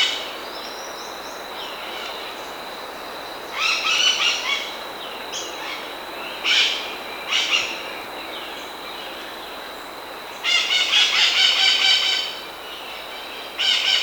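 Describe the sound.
Bird giving harsh, raspy, buzzy calls in several bursts of varying length, over a steady high whine and a constant background hiss.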